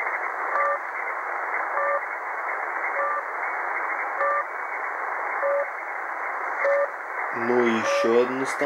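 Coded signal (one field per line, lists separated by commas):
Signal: channel marker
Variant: The Droplet (Капля)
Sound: short droplet-like double blips repeating about every second and a quarter over radio hiss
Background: radio static, man speaking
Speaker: Дневная частота 5448. Это у нас Капля.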